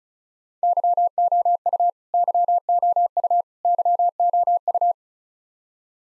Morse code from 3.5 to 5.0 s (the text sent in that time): YOU